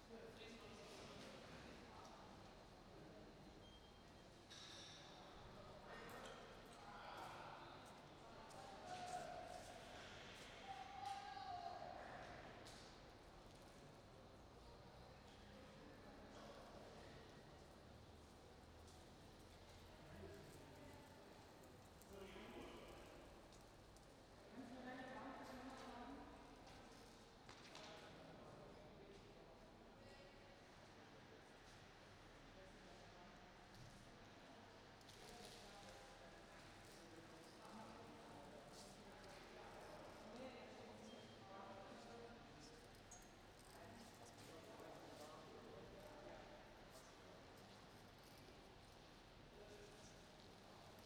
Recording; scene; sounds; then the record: everyday scene through a hearing-aid microphone; reverberant space; background noise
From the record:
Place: railway station hall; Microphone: in the ear canal, right